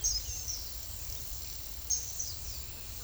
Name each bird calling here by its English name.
unidentified bird, Yellow-crowned Tyrannulet